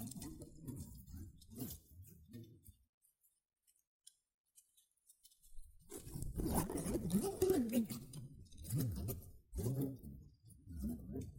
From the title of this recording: Rustling and Crinkle Sounds (Shredded Tissue, Packing Peanuts)